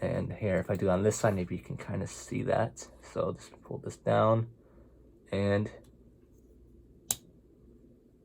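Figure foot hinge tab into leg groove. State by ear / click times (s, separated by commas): seated / 7.1 s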